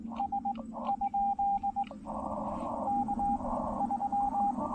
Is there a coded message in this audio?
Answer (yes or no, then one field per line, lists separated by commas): yes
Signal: Morse code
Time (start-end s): 0.2-4.5 s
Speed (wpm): 19 wpm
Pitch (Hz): 800 Hz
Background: radio noise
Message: S? K 3